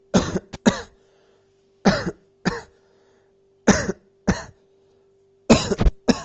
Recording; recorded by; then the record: voluntary cough; messaging app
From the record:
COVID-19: negative